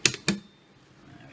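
A plastic CPU cooler push pin is pressed down into a motherboard mounting hole, worked in crisscross order. Two sharp clicks are heard at 0.1 and 0.3 seconds, followed by near silence. The push pin is seated.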